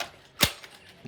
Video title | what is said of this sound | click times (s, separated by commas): BLACK+DECKER Cordless 28 cm String Grass Trimmer 2.0Ah Lithium Ion Battery Black Unboxing & Review | to install the battery pack insert battery into appliance until an audible click is heard ensure battery pack is fully seated | 0.4 s